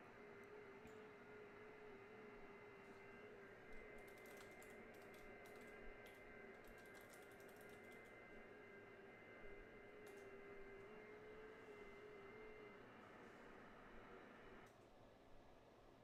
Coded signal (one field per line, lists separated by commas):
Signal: FT8